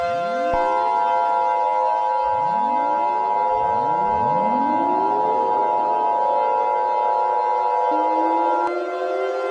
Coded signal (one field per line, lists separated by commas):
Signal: Emergency Alert System (SAME) tones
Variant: 853 and 960 Hz attention tone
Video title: EAS Scenario #11 - [EAS Scenario/Analog Horror] - The SCP Uprising